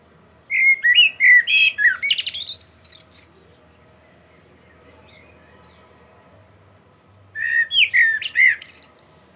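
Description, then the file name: Common blackbird song: a long mellow warbling phrase with a squeaky twittered finish, then a quiet gap of about four seconds before another phrase. "Turdus merula"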